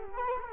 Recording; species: mosquito wingbeat signal from an infrared sensor; Culex quinquefasciatus